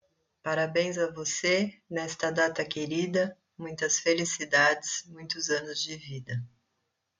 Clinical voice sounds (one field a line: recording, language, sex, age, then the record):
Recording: short text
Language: Brazilian Portuguese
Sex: female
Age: 50 to 59 years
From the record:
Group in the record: control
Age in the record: 50 years